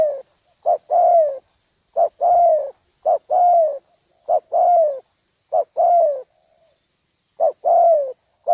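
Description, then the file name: Spotted dove cooing in steady pairs, a clipped note then a longer falling coo, repeated several times, in otherwise quiet surroundings. "tieng cu dat gay"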